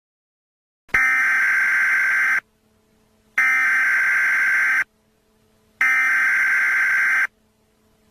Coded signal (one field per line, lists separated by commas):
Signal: Emergency Alert System (SAME) tones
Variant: header bursts